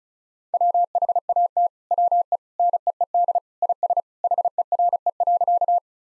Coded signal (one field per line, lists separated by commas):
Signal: Morse code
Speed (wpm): 36 wpm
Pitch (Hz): 700 Hz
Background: none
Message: WHAT WE NEED IS HERE.